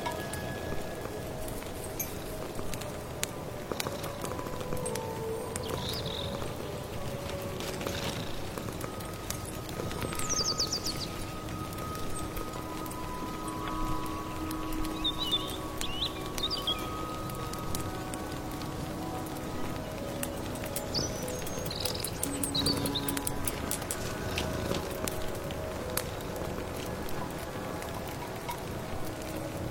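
Soup being stirred with a steady rustle like rain, crackling clicks from a fire, sustained tones, and brief bird chirps scattered throughout.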